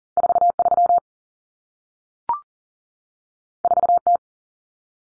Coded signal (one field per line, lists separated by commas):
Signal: Morse code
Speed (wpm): 40 wpm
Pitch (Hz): 700 Hz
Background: none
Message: 43 4T